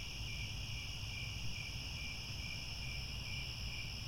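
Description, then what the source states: Crickets trilling steadily, overlapping high chirps forming an unbroken shimmering chorus above low rumbling noise. Chorus of crickets chirping at twilight as the sun sets and stars appear.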